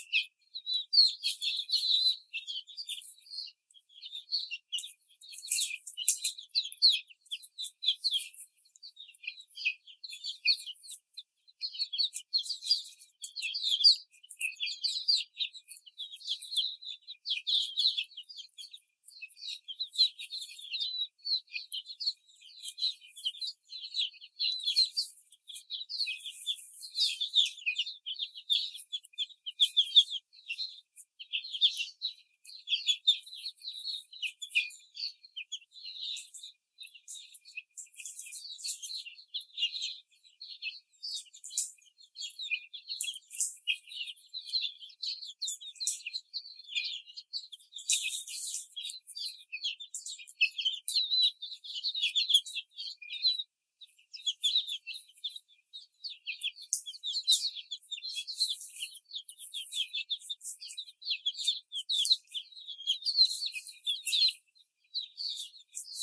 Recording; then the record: young laying hens in a cage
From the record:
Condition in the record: before the stressor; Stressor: simulated dog barking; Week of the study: 4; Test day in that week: 3